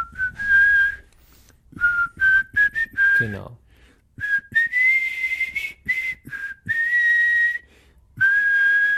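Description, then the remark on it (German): A clear whistled melody in a song by a group, whistled by one of its female members, with sustained, gliding high notes in several phrases with brief pauses, loud and steady, with a short spoken word breaking in partway through. “das ist ja die Gruppen, wo die eine so gut pfeifen kann”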